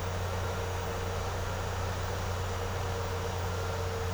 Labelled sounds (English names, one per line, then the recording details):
none
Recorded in secondary vegetation near Puerto Asís, Putumayo, Colombia, on 4 March 2025 at 11:30
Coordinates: 0.468, -76.324
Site G059